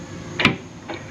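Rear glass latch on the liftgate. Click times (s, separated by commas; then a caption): 0.4 s. On a 2007 Chevy Tahoe, the repaired button on the liftgate is pressed and the rear glass latch releases. Sharp clicks sound at 0.4 s and 0.5 s as the glass pops open, followed by a softer knock near 0.9 s.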